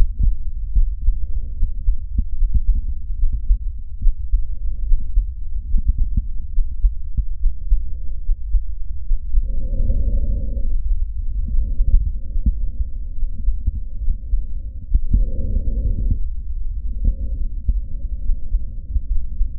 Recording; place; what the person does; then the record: lung sounds by stethoscope; trachea; quiet breathing, then deep breathing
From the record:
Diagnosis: asthma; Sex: female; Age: 66 years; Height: 172 cm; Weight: 76 kg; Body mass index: 25.7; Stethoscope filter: bell mode